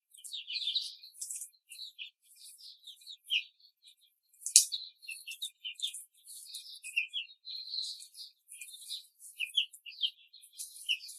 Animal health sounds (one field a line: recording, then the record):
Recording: young laying hens in a cage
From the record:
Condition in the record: control cage, before the stress test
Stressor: none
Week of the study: 4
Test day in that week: 3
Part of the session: 2